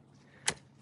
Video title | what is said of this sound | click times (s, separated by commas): COMPARING mompush Nexis & Vira Strollers! See what I love | And then, they just lock into place. | 0.5 s